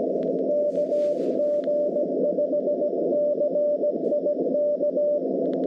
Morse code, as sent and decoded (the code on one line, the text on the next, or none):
-.- --. ..... -.-. .. -.-
KG5CIK